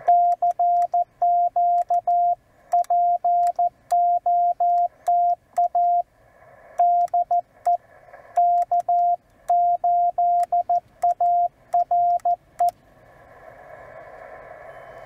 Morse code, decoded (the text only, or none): CQ POTA DE K8ARE